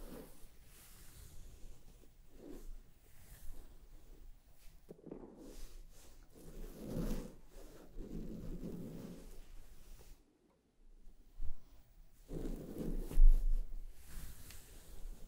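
Scalp massage and hair brushing make soft, uneven scratchy rustles in bursts, pausing briefly near ten seconds before picking up again louder.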